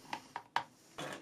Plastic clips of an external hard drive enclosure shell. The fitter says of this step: once you've released those clips you should be able to then just pry it open